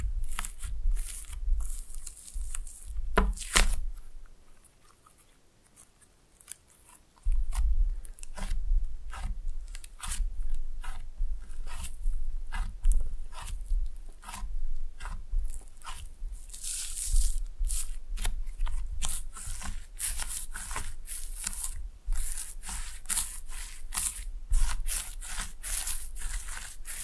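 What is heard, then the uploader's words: Slime being squished and handled, with a steady run of wet clicks, pops and crackly snaps throughout. A quieter pause comes around 4 to 7 seconds, after which the squelching resumes denser and brighter, with crisp crunchy bursts near 17 and 23 seconds. ASMR Fun with Slime No Talking.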